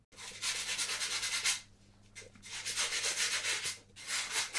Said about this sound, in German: sitzt in ihrer Werkstatt an einem alten Tisch und knetet eine Rolle Ton, trennt ein Stück ab und formt ein Gefäß.